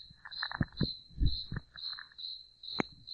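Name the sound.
cricket chirping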